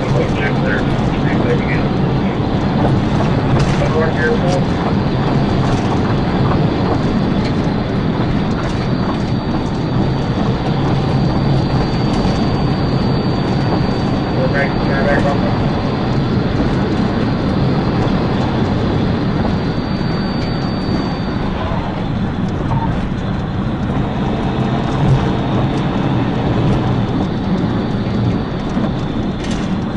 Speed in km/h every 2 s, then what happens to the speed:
192, 196, 200, 190, 179, 185, 190, 195, 193, 184, 158, 158, 169, 166, 145.
0-5 speeds up to 200. 5-8 brakes to 179. 8-17 speeds up to 193. 17-20 brakes to 158. 20-25 speeds up to 169. 25-28 brakes to 145.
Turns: none.